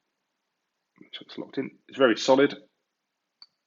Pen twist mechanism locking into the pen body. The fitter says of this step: a nice clunker if you can hear that and all